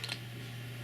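The magnetic cap of a Visconti Giardino dell'Eden (Giardino Italiano Exclusive) fountain pen is handled against the metal pen body, to be pushed on and rotated until the internal magnets catch it. Two brief light ticks come at 0.0 and 0.1 s over a steady low hum. Nothing has seated or clicked yet.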